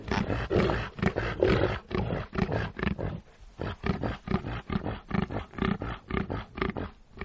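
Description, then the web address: Reindeer grunting in rapid, rough bursts of about two per second, low and throaty, with a brief pause midway. "el sonido del grunido de los renos"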